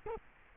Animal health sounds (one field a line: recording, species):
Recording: mosquito wingbeat signal from an infrared sensor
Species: Culex quinquefasciatus